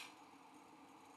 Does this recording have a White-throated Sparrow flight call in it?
no